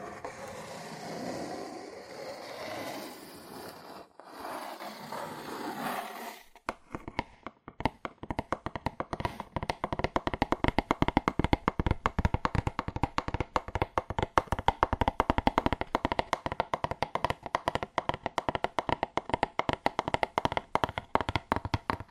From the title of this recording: ASMR Fast Aggressive Cardboard Tapping